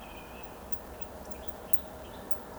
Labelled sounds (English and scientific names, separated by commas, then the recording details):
Eurasian Woodcock (Scolopax rusticola) whistle
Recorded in Baden-Württemberg, Germany, on 12 June 2020 at 20:26 UTC
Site 14569, 102 m above sea level